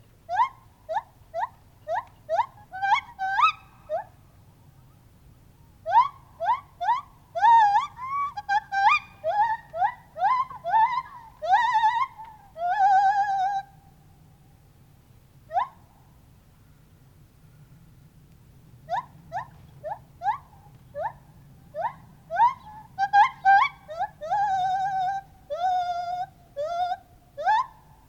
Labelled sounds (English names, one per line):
Lar Gibbon